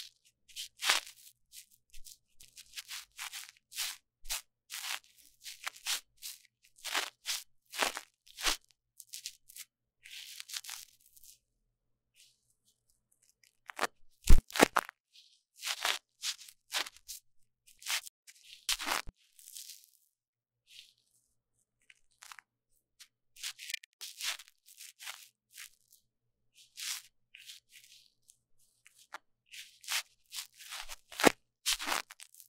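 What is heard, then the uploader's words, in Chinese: Deep cleaning of a microphone's ears: bursts of bright crackling and scratching, quick and irregular, with brief pauses near 12 and 21 seconds. 麥克風耳朵深度清潔。NoTalking。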